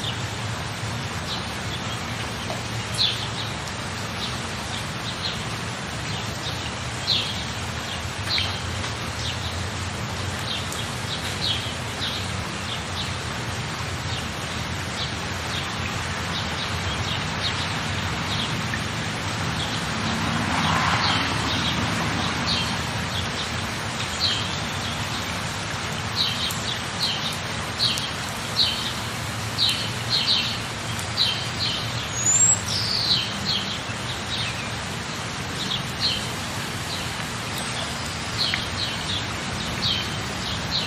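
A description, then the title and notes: An outdoor nature scene with a steady hiss of rustling leaves or light rain. Short, bright bird chirps recur throughout, thicker in the last ten seconds. Around twenty seconds a brief swell of louder rustling passes through, with a faint low rumble underneath. Relaxing Nature Sounds.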